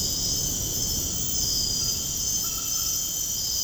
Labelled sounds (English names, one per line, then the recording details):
none
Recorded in dense forest near Puerto Asís, Putumayo, Colombia, on 18 February 2024 at 01:00
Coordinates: 0.486, -76.316
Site G6437